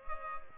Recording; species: mosquito wingbeat signal from an infrared sensor; Culex pipiens